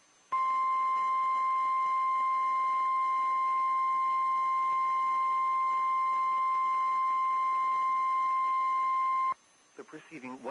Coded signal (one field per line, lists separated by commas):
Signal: Emergency Alert System (SAME) tones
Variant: 1050 Hz attention tone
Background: speech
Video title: NWR RWTs because it’s Wednesday (EAS #1018-#1027)